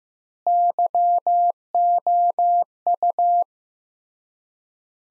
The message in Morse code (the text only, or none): YOU